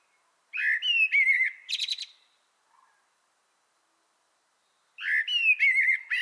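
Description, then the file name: Common blackbird song, a fluty warble ending in higher, thinner twittering notes, then a pause before the next phrase begins. "Turdus merula"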